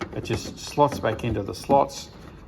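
A plastic dust cover is handled and slotted back onto the rear of a headlight housing on a 2014–2016 BMW with HID xenon bulbs (X3, X4, F25, 3, 5 and 7 series, X5) while someone talks over soft plastic rubbing and handling sounds. The cover is not yet pressed in or twisted to seal, so nothing has seated or clicked yet.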